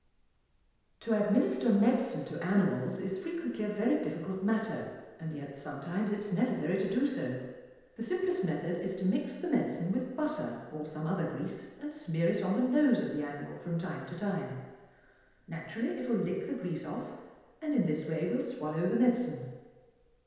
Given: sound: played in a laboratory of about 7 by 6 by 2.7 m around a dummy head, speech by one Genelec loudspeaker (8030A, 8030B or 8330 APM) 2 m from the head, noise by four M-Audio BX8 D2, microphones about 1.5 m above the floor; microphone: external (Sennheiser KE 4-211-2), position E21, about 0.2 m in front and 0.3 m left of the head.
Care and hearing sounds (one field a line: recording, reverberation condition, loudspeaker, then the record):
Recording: female speech in English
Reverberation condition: high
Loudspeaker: 150 degrees to the left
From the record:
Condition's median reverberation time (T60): about 1300 ms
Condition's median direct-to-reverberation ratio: about -4.0 dB